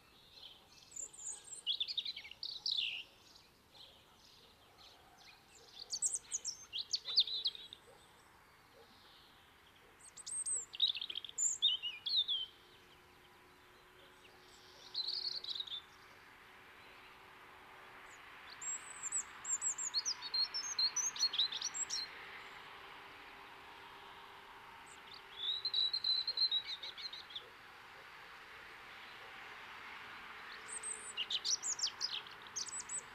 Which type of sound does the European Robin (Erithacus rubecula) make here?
song